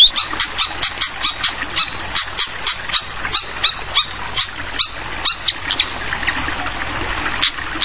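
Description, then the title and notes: Fantail repeating short, piercing high notes in a quick, slightly uneven rhythm, while a constant watery hiss fills the background. Tutoring track (masteran) for training songbirds, featuring a clear-voiced fantail mixed with the sound of flowing water. "Masteran Sikatan Kipas Suara Jernih Dan Suara Gemericik Air. Suara Burung Sikatan Londo"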